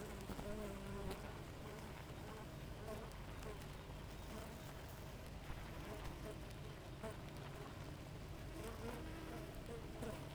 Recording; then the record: honeybee colony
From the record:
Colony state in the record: active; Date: 28 July 2017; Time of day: 5:11